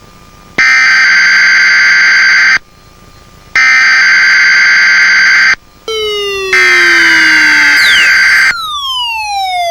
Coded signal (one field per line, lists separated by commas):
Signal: Emergency Alert System (SAME) tones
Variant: header bursts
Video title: EAS SCENARIO #1 - Acid Weather